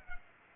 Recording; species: mosquito wingbeat signal from an infrared sensor; Culex pipiens